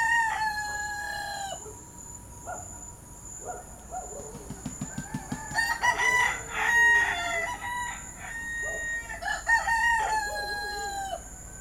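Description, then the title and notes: Several roosters crowing in overlapping, drawn-out cock-a-doodle-doos, with a short run of rapid low pulses midway and a steady high insect drone. Roosters in Port-au-Prince, Haiti, heard from dawn to dawn; recorded November 2014. "Port-au-Prince ne se tait jamais. De l’aube à l’aube, 2 millions d’habitants, de coqs et de chiens déambulent sur des trottoirs invisibles. Le Bruit et la fureur ASBL, ARTE Radio"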